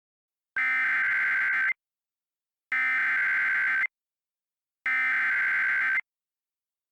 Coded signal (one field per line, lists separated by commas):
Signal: Emergency Alert System (SAME) tones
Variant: header bursts